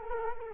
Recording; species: mosquito wingbeat signal from an infrared sensor; Culex quinquefasciatus